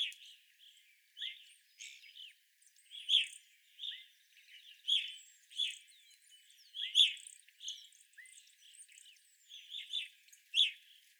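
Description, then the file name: Evening grosbeak calls, repeated loud chirps alongside a busy undercurrent of chatter and a few thin rising whistles from the flock. Evening grosbeaks, 25 April 2021. "2021-04-25 Evening Grosbeaks"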